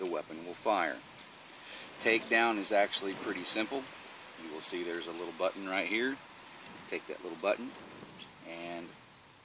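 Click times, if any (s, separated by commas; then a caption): none. Someone talks while handling the small takedown button on the polymer frame of a Ruger LC9s Pro pocket 9mm pistol, getting ready to push it down until it clicks into place. Nothing has seated or clicked yet.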